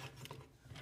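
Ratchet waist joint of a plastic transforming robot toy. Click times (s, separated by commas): 0.2 s, 0.3 s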